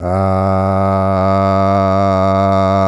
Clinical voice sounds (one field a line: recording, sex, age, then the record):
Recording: sustained vowel /a/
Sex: male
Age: 50 to 59 years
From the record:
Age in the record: 51 years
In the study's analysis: included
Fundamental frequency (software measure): 97 Hz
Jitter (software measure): 0.30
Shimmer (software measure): 1.79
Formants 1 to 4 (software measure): 672 Hz, 1230 Hz, 2158 Hz, 3716 Hz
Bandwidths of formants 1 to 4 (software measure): 71 Hz, 58 Hz, 190 Hz, 173 Hz